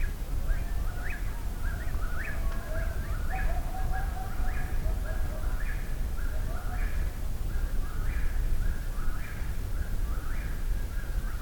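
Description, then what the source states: Coyotes yipping in a chorus of quick, repeated high barks and short wavering howls, steady throughout over a heavy low background rumble. Distant coyotes heard at night near a campsite.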